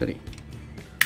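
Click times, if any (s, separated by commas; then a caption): 1.0 s. Someone talks while transforming a plastic Transformers Generations Selects God Neptune robot toy, pushing a plastic clip tab back into its slot after it failed to catch on the first try. On the second push, a sharp snap is heard at 1.0 s as the clip seats, confirmed clipped in place.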